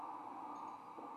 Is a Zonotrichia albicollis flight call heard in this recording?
no